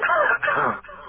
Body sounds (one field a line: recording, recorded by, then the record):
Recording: voluntary cough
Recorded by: telephone call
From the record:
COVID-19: positive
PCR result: checked with the laboratory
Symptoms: yes